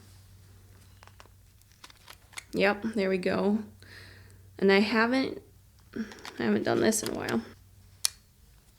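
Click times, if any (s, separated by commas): 8.1 s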